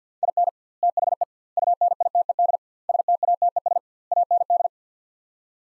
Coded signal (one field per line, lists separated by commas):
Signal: Morse code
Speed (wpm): 50 wpm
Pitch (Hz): 700 Hz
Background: none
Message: IN THE UNITED STATES AND